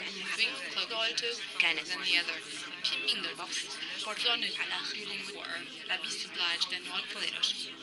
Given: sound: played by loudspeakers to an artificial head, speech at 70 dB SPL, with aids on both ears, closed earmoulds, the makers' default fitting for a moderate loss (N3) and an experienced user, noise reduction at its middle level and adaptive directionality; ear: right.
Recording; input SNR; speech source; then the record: speech test signal (ISTS) in cocktail-party noise; -3 dB; on the right (90 degrees)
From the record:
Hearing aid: class 2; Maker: B